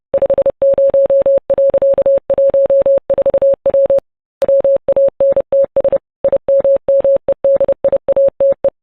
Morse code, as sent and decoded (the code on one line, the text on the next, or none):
..... ----- .-.-.- .---- ....- .-- / .-- .- -. - ... / .. -- -- . -.. .. .- - .
50.14W WANTS IMMEDIATE